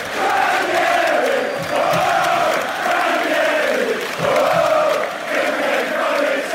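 A large crowd of Leicester football fans, celebrating their manager Claudio Ranieri after winning the English championship, sings loudly in unison, a swelling, wavering chant continuing unbroken throughout with no individual speech.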